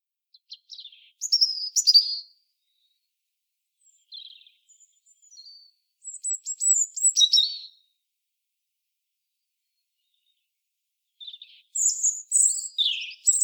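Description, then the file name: European robin giving separate high, warbling song phrases with gaps of several seconds, each phrase a mix of thin whistles and quick tumbling notes. "Erithacus rubecula"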